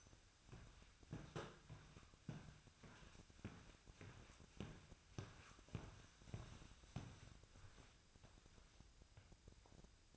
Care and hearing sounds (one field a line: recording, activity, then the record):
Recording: daily activity, microphone in the room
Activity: walk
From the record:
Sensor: 2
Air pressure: 1001.5 hPa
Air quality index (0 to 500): 228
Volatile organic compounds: 26 ppm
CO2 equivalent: 2868 ppm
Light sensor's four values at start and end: 9/29/11/11 and 9/29/11/11